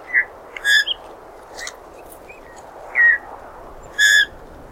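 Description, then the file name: Eurasian bullfinch soft piping whistled calls, several notes at irregular intervals, with fainter sounds in between against a steady background hiss. "Pyrrhula pyrrhula"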